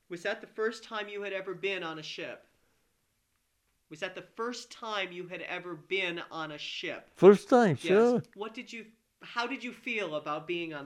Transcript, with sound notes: was that the first time you had ever been on a ship? [pause] Was that the first time you had ever been on a ship?
First time! Sure!
What did you, how did you feel about being on this ship?